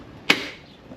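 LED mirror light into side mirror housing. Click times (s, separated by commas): 0.3 s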